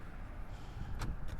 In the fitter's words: you'll hear that clunk you push up and out